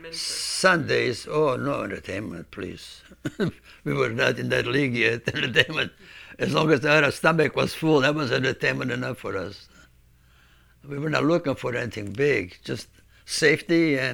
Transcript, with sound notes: Sundays, oh, no entertainment, please. We were not in that league yet. (he laughs) As long as our stomach was full, that was entertainment enough for us. We were not looking for anything big, just safety.